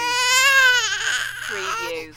Baby Crying.